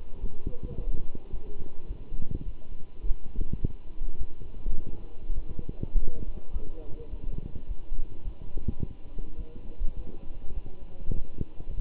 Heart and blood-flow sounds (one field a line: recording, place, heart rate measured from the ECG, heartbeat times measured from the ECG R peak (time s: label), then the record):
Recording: heart sounds by stethoscope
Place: between the tricuspid and mitral areas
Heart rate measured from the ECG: 104 bpm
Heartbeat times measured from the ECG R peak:
0.21 s: heartbeat
0.77 s: heartbeat
1.32 s: heartbeat
1.88 s: heartbeat
2.45 s: heartbeat
3.03 s: heartbeat
3.60 s: heartbeat
4.19 s: heartbeat
4.77 s: heartbeat
5.35 s: heartbeat
5.95 s: heartbeat
6.53 s: heartbeat
7.11 s: heartbeat
7.68 s: heartbeat
8.24 s: heartbeat
8.80 s: heartbeat
9.38 s: heartbeat
9.96 s: heartbeat
10.55 s: heartbeat
11.15 s: heartbeat
11.76 s: heartbeat
From the record:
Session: walking at 3.7 km/h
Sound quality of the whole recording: good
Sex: male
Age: 24 years